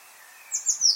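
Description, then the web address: Eurasian blue tit call, three quick high thin notes in a row, each sliding slightly downward, in a quiet background. "cianscape birddata Deverinetal 2025 File origin Bird Only Cy Ca"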